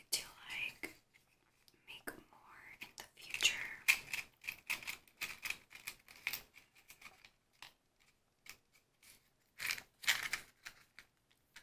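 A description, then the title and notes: Sharp, irregular tapping and crackling clicks run through most of the recording, clustered in quick runs with brief pauses. Brighter hissing bursts, like a match flaring, rise near the start, around four seconds and again near ten seconds, with a sparser stretch between seven and nine seconds. Match Lighting Extinguishing. Fire Crackling. Tapping. Candles.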